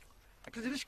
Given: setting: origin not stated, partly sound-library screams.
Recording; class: one-second piece from a danger detection set; normal situation